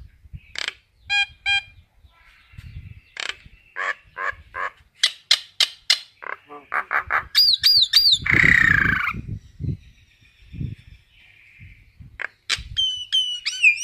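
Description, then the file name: Common myna chattering with many short clicks and harsh notes, a burst of squealing whistles and a loud rasp midway, then more whistled calls. Calling to gather its flock. "Tieng sao nau goi bay"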